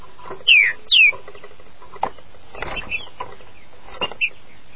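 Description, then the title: Green-winged saltator giving two loud, clear whistled notes that sweep downward, followed by quiet clicks and one brief short note. "Trinca Ferro"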